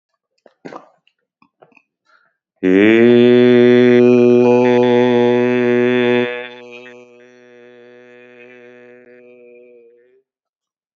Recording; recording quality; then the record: sustained vowel as in made; excellent, no background noise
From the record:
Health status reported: exposed to COVID-19, no respiratory illness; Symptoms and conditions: none ticked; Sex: male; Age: 48 years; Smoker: not ticked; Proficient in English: yes